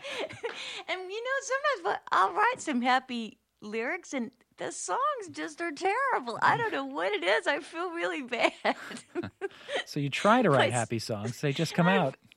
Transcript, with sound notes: And, you know, sometimes I'll write some happy lyrics, and the songs just are terrible. I don't know what it is. I feel really bad. (laughs)
So you try to write happy songs, they just come out.